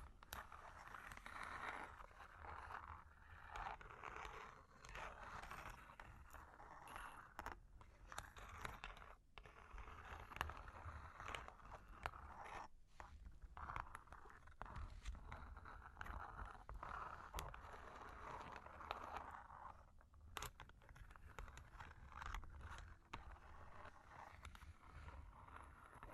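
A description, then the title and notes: Long claws tap and scratch almost continuously across a hard surface, a dense busy clatter with brief pauses near 9, 13 and 20 seconds. Long Claws Tapping and Scratching (No Talking).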